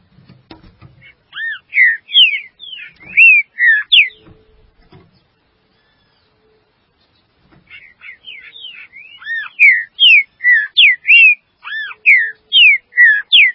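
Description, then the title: Green-winged saltator repeats its whistled phrase twice, strings of loud arched and falling notes separated by a quiet pause, with faint knocks early on. "Trinca Ferro"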